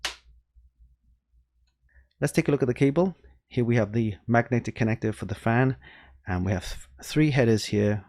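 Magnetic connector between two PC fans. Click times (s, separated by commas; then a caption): 0.0 s. A magnetic male-and-female connector between two Thermaltake SWAFAN EX12 ARGB PC fans is pushed together on another fan as well and locks with a sharp snap at 0.1 s, seating the connection. After a short quiet gap, someone talks.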